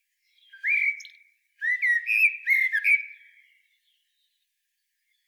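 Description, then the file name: Eurasian blackbird song: a short mellow fluted note, then a longer warbled phrase of several rich whistles that fades away, followed by quiet. "Turdus merula"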